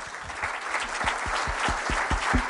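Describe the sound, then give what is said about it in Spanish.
An audience at a congress breaks into sustained applause to bid farewell to author Salvador Freixedo, a dense wash of clapping with a few sharper, rhythmic claps standing out at a steady beat throughout. “Vamos a despedir con un fuerte aplauso a Salvador Freixedo.”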